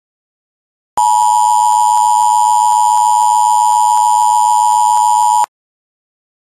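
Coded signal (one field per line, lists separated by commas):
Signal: Emergency Alert System (SAME) tones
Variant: 853 and 960 Hz attention tone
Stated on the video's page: Fictional mock "Severe Cloud Advisory" EAS alert for Yuma County, Arizona.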